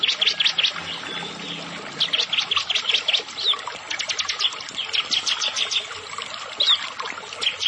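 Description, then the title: Prinia giving rapid buzzy high note series, nearly continuous, with brief chirps and a steady hiss behind. "Ciblek Sawah"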